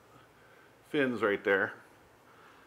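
An M.2 SSD is being handled and slid toward the slot of a MacBook adapter, while someone talks briefly over a quiet background. Nothing has seated or clicked yet.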